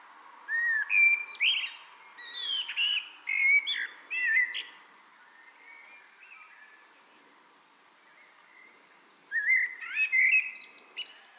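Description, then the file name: Common blackbird singing fluty, rich warbles with scratchy high flourishes. A pause follows, then another phrase begins near the end. "Turdus merula"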